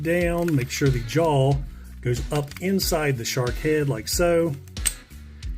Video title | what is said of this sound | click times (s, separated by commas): Transformers Age Of The Primes Sky-Byte | It'll snap into place. | 4.9 s